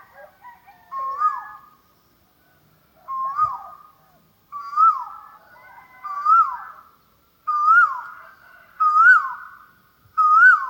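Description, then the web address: Asian koel giving seven clear whistled calls that rise then drop, repeated at a steady pace, with a few soft chattering notes at the start. "the sound pack tree. asian koel bird"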